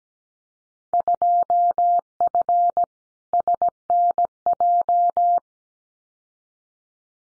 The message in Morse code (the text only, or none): 2F SNJ